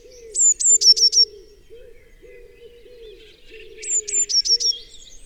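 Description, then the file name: Eurasian blue tit phrases: two high piercing notes followed by a few quicker, lower notes, given twice, with a low pulsing cooing sound running underneath. "Cyanistes caeruleus"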